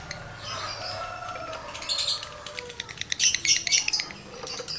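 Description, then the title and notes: Lovebird twittering song, softer and hissy at first, then sharp rapid clicking chatter and squeaks. Male lovebird in breeding condition; its call is used to stimulate other lovebirds to sing. "Birahi Lovebird Jantan ke Gacor. Pancingan Suara Lovebird jantan birahi"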